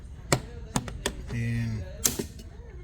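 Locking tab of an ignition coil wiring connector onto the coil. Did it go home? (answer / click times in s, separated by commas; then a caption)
yes / 2.1 s. On a Mercedes CLS 400 3.0 V6 Turbo (C218) engine, the plastic locking slide on an ignition coil's electrical connector is pushed over with pliers while someone talks. A few sharp taps come at about 0.3, 0.8 and 1.1 s, and then the lock snaps home with a crisp click at 2.1 s, confirmed seated in its locked position.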